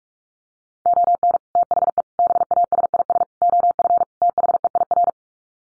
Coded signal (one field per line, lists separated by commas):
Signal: Morse code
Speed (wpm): 44 wpm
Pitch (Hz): 700 Hz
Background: none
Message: ON THE BASIS OF THEIR